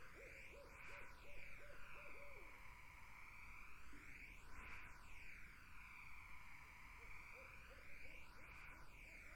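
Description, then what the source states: Barred owl hooting: a fast string of rhythmic hoots opens, background whooshing fills the middle, and a shorter hooting burst follows near the end. Several barred owls in a summer wetland; 8D spatial audio processing.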